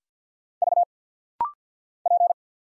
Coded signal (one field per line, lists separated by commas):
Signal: Morse code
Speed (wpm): 50 wpm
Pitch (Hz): 700 Hz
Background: none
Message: V P